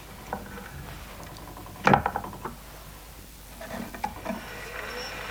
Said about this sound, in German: Charles Batchelor horchte aufmerksam auf das leise Ticken und Summen des eingeschalteten Telegraphen.